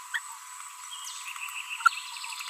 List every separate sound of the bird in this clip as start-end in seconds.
0.14-0.18